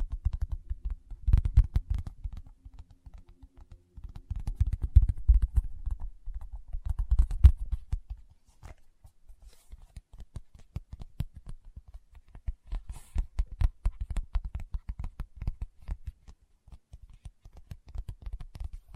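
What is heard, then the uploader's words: Fingertips tap in quick, uneven bursts, each tap a short dry click with a soft thudding low end. The first half is denser and heavier, with clusters around two, five and seven seconds, then the tapping turns lighter and sparser, with occasional brighter clicks. ASMR Tapping with Fingertips (No Talking).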